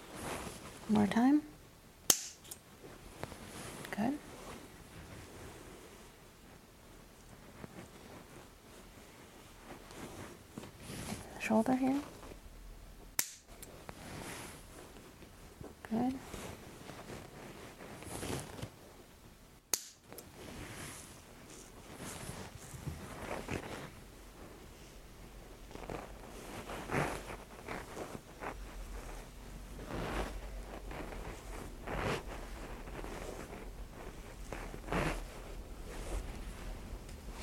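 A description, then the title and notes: Massage and treatment sounds: soft rubbing and patting come in irregular bursts, with a few brief voiced sounds and sharp clicks near 2, 13 and 20 seconds. ASMR — Osteo manipulation therapy soothing exam. Sounds of massage and treatment.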